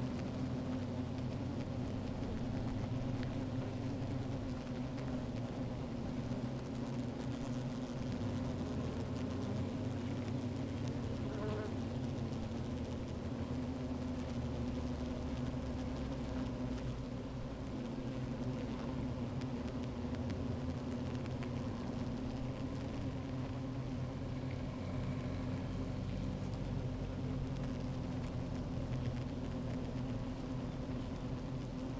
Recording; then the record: honeybee colony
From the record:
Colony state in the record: active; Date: 28 July 2017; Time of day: 15:53